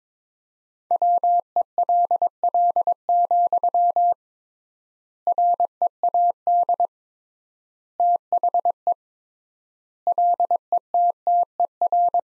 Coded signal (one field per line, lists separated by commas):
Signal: Morse code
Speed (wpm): 22 wpm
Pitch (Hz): 700 Hz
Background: none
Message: WELL, READ THE LETTER